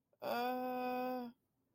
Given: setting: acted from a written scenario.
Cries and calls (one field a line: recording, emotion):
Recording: vocal sound without words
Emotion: guilt